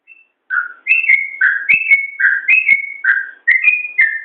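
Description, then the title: Yellow-vented bulbul song: rollicking whistled notes alternating between higher and lower pitches, repeated in quick succession after a brief faint opening note. "Suara Trucukan"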